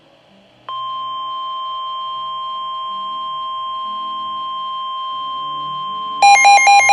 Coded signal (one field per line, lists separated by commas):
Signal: Emergency Alert System (SAME) tones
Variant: 1050 Hz attention tone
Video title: River Flood Warning - WXL58 - WNG706 (4/15/23 - EAS # 115-116)